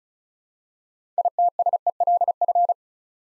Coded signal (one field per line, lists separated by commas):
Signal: Morse code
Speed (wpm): 36 wpm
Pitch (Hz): 700 Hz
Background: none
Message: ITSELF